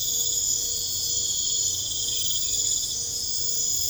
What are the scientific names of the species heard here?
none